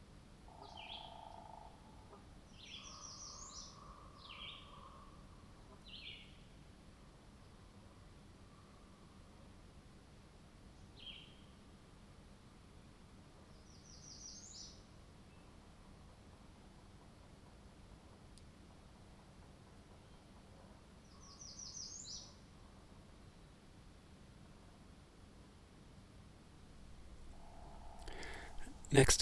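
A spring night soundscape of sparse, short high bird chirps every few seconds over a low steady hum, with a brief louder rustle at the end.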